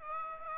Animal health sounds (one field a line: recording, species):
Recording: mosquito wingbeat signal from an infrared sensor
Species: Aedes aegypti